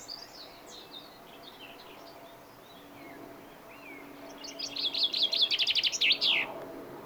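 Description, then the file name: Common chaffinch song: a rapid run of repeated notes ending in a brief falling flourish, after several faint high chirps. "Fringilla coelebs"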